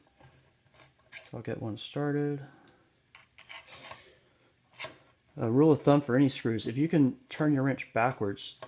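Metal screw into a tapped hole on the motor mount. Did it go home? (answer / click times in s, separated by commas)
no / none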